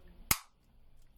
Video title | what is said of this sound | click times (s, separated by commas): Part 1 - Fix August EP650 (Genius HS-970BT) Bluetooth headphones (remove rubberized paint) | it's clicked in place I will put the tape at the end okay | 0.3 s